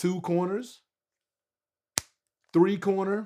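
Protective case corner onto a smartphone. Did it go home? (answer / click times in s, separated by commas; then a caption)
yes / 2.0 s. Someone talks while pushing the second corner of a Pitaka protective case over the edge of an iPhone 17 Pro Max. The corner snaps home with a single sharp pop at 2.0 s, and the case is seated with a tight fit.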